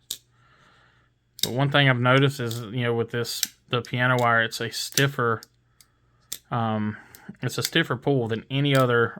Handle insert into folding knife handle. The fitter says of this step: just snaps into place, and that is it. That's all she wrote.